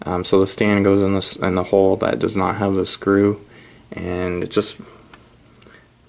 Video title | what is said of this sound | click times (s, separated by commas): Ben 10 Action Figure Review- Ripjaws, Upgrade, Ghostfreak, Cannonbolt | pops right in there | 5.6 s